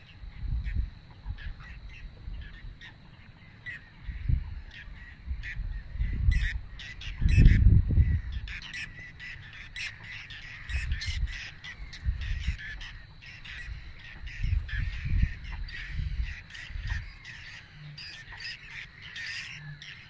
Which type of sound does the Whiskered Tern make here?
call